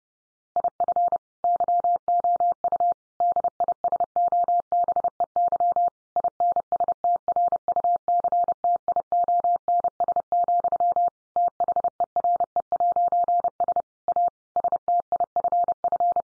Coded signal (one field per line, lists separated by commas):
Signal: Morse code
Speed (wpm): 30 wpm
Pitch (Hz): 700 Hz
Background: none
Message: IF YOU DISOBEY INSTRUCTIONS, THERE'S A STIFF